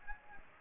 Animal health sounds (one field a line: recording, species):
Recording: mosquito wingbeat signal from an infrared sensor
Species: Aedes aegypti